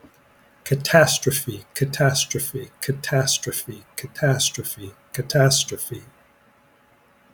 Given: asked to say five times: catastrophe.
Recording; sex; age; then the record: repeated word; male; 60 to 69 years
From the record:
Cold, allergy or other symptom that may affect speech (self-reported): no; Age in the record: 60 years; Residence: Virginia, United States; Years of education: 12